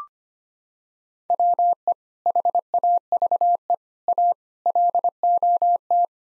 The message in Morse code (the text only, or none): WE HAVE A LOT